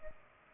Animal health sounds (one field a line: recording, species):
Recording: mosquito wingbeat signal from an infrared sensor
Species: Culex pipiens